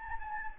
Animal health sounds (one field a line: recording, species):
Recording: mosquito wingbeat signal from an infrared sensor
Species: Anopheles gambiae